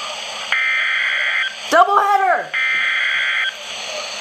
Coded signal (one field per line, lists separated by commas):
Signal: Emergency Alert System (SAME) tones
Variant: header bursts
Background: speech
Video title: (5 EAS Alerts!) 2 TORNADO WARNINGS + 3 SVRs (EAS #519-524)